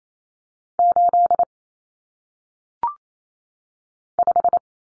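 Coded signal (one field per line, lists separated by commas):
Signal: Morse code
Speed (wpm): 28 wpm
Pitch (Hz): 700 Hz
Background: none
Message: 8 5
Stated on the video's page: 28 WPM head-copy drill of single-digit numbers, each sent in Morse, spoken, then sent again.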